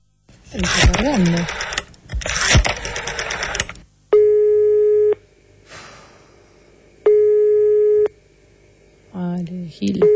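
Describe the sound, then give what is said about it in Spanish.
After a few seconds of people talking, a telephone line gives two long, steady electronic tones, each about a second, with a pause between them, before a voice returns. “Bueno, dale, llámame al de línea.”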